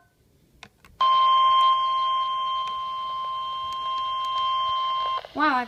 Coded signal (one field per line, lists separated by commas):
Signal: Emergency Alert System (SAME) tones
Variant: 1050 Hz attention tone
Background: speech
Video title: 5 EAS Alerts in a row (4 severe thunderstorm warnings & 1 severe thunderstorm watch